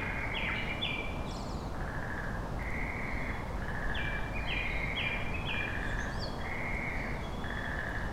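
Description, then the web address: Tit giving repeated ringing two-note phrases almost continuously, with a few higher notes, over steady low background noise. Recorded on 3 May 2025. "kotorinomori kotori tit"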